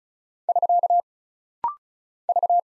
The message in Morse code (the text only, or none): <SK> V